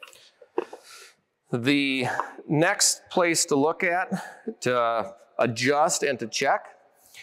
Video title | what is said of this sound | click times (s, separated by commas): John Deere ExactEmerge Meter Optimization for Precision Planting | so make sure you get that all cleaned out and get it snapped in place okay | 0.6 s